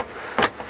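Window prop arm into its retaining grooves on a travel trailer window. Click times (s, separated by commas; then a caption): 0.4 s. A window on a 2022 Airstream Pottery Barn Special Edition travel trailer is lifted open and its support arm is snapped into the small retaining grooves. A sharp, bright snap lands at 0.4 s, followed by a softer knock at about 0.6 s over a quiet background. The arm seats in its grooves.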